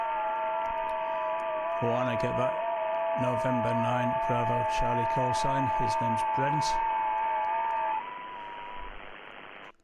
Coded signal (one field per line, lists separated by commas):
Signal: FT8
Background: speech